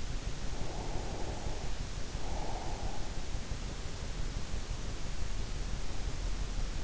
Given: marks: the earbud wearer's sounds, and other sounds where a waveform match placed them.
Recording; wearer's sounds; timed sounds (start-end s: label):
sounds in sleep by an in-ear microphone; breath
0.59-3.22 s: breath